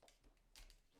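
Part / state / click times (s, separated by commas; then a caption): action camera into helmet mount case / not seated / none. An action camera is slid into the back of a plastic helmet mount case, making faint scraping and tapping handling sounds with a sharper knock near 0.6 s. Nothing has seated or clicked yet; the camera is not yet locked home.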